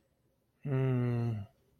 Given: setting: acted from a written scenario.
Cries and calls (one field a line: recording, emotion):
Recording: vocal sound without words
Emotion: romantic love